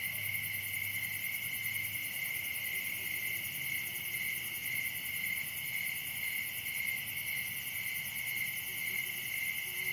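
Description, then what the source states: Cricket chorus, an unbroken high pulsing trill holding steady throughout. Night-time scene at Dell Creek wildlife area.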